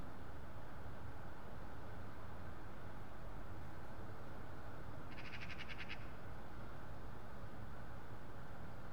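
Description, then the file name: Eurasian magpie chattering once, a short dry rattle of rapid harsh pulses, set against steady low rumble throughout. "Pica pica"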